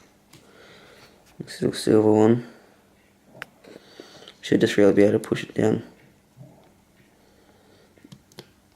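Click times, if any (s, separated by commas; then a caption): 8.4 s. A small silver piece, number five, is pushed down onto its mounting while someone talks. It snaps into place with a little click at 8.4 seconds, fully seated.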